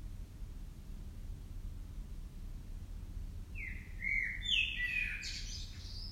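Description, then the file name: Common blackbird calling in the second half: a series of clear, sliding notes mixed with higher scratchy twitters, set against constant low-pitched background hum. "Turdus merula"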